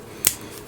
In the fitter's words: we have this part that goes on this come on Snap into place